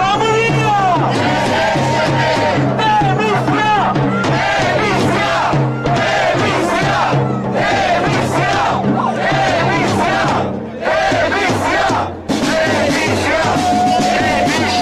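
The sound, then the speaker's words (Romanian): A loud protest crowd carrying vuvuzelas, flags and placards chants in rhythmic bursts, voices merging into a dense roar, while a steady high vuvuzela drone cuts through near the end amid whistles and shouts. “Oamenii au venit cu vuvuzele, steaguri și pancarte, purtând mesaje precum "Nu vrem să fim o nație de hoți" și "Votul nu validează hoția", iar la ora 21 au cântat imnul și și-au aprins lanternele telefonelor mobile.”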